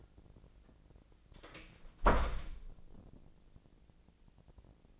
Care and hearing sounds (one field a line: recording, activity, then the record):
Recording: daily activity, microphone in the room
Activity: close door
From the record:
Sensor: 5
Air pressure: 1012.4 hPa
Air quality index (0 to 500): 162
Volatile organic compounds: 2 ppm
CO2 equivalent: 1098 ppm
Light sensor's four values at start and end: 167/404/168/184 and 163/395/165/180